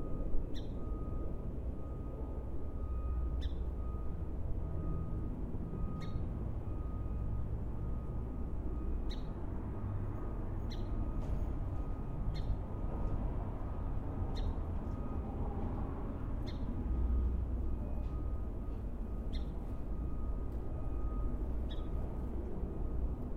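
A steady low rumble of traffic and wind fills a backyard, dense and unchanging throughout. Short, sharp bird chirps cut through every couple of seconds, joined by a thin, constant high tone in the background.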